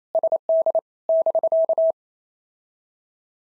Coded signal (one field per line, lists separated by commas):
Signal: Morse code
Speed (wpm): 28 wpm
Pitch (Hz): 650 Hz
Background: none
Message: SD <BK>